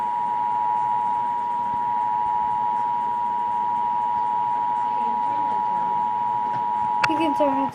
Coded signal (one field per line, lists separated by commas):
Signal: Emergency Alert System (SAME) tones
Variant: 853 and 960 Hz attention tone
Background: speech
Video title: My first eas nuke [PRANK]